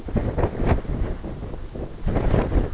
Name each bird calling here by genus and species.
none